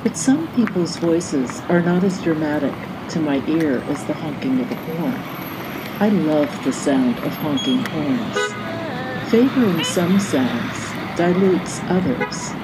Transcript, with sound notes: But some people’s voices are not as dramatic to my ear as the honking of a horn. I love the sound of honking horns. (Horns honking and traffic noise) Favoring some sounds dilutes others,